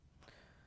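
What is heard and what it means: A putty knife is pushed between a Frigidaire range cooktop and its control panel to press in a metal locking tab about 4 inches in from the side, and the top is lifted. The tab releases with a sharp click at 0.2 s, followed by a faint ringing over low background noise.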